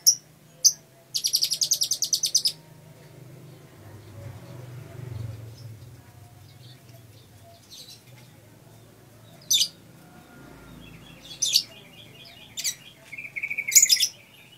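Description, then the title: Lovebird chirping: two sharp chirps, then a fast rattling burst of shrill, high notes, then scattered sharp chirps and short trills over a low steady hum. Masteran: a training song played to caged birds. "MASTERAN BURUNG 2. lovebird"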